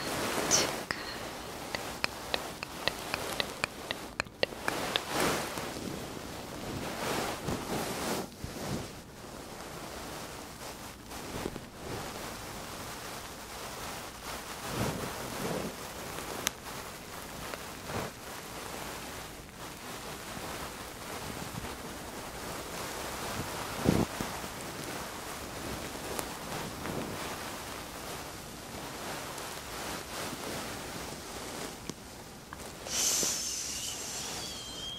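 Fluffy mic covers rub and scratch against the microphone in a dense, rushing hiss that sounds like surf or wind. Brushy swells rise and fall every few seconds, with brief sharp scrapes near 5, 15 and 24 seconds and a brighter rustle near the end.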